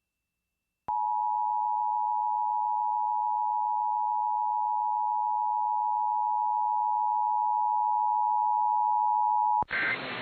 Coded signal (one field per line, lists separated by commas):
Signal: Emergency Alert System (SAME) tones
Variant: 853 and 960 Hz attention tone